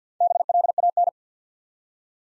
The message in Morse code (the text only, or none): BLAN